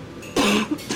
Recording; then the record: coughing mixed with background sound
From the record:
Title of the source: 64 coughing, allergies, singing lungs